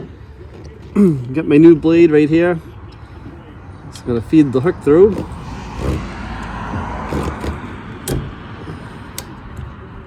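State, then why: Partly seated. A new windshield wiper blade is fed onto the wiper arm hook of a Jeep Wrangler JK while someone talks, with faint handling clatter and sharp ticks near 4.0, 8.1 and 9.2 seconds. The blade has not yet clicked fully into place on the arm.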